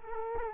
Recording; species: mosquito wingbeat signal from an infrared sensor; Culex quinquefasciatus